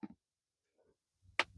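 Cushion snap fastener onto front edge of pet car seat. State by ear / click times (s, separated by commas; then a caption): seated / 1.4 s. A fluffy cushion placed over the front edge of a pet car seat has its snap fastener pressed closed. After soft handling rustles, a sharp, loud snap at 1.4 s seats the fastener into place.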